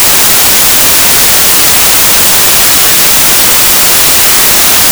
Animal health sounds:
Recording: poultry house recording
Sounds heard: no chicken sound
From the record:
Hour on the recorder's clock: 3

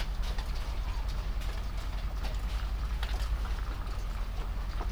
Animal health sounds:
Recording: poultry house recording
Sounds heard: sick chickens (respiratory disease)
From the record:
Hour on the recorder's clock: 21

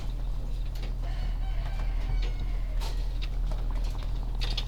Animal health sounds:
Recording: poultry house recording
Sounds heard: sick chickens (respiratory disease)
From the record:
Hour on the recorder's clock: 17

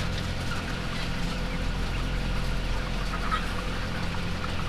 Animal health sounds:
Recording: poultry house recording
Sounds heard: healthy chickens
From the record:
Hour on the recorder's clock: 14

